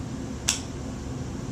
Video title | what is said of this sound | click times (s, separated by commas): VID00001.MP4 | when you hear the click you know that the uh epip pin has been given count to 10 | 0.5 s